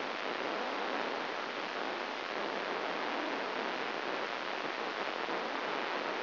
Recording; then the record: brain microelectrode recording played as sound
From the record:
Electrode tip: inside the subthalamic nucleus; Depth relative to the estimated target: 3 mm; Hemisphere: right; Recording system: AlphaMap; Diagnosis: Parkinson's disease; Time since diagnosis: 7 years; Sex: female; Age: 49 years